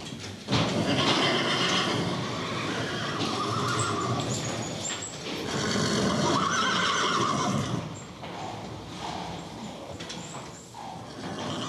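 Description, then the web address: Horses neighing: loud, shrill whinnies and squeals, with hoof sounds and scuffling. More than one horse neighing. "Madacy Music Group Inc 292 Sound Effects. Horses Neighing"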